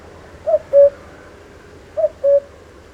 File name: Canto do Cuco